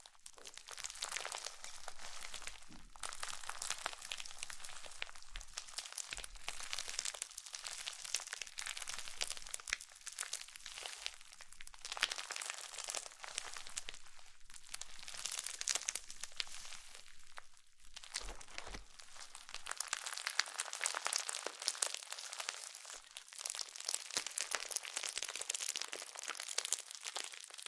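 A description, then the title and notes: Slime being squished and worked, a dense run of wet crackles, pops and crinkly clicks that barely lets up across the whole stretch. The sound is bright and hissy with little low end, and a soft low rumble drops out after about twenty seconds. ASMR SLIME SATISFYING - NO TALKING.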